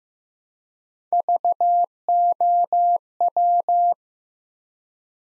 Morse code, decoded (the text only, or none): VOW